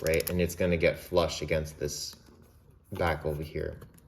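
Someone talks while handling a Sears KS 500 (Ricoh KR-5) 35mm SLR film camera after loading the film leader, with the hinged back door still open before it is closed onto the body latch. Light handling noises sit under the speech, including a brief soft rustle around 2.0 seconds. The back door has not latched or clicked yet.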